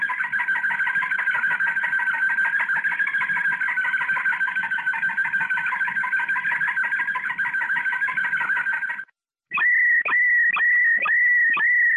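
Canary song: a long, fast, buzzy trill held for about nine seconds, then a short pause and a slower series of sharp whistled notes.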